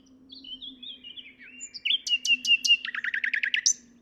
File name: Luscinia megarhynchos